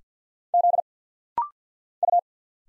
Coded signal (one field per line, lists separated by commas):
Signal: Morse code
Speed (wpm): 49 wpm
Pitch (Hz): 700 Hz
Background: none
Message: Z U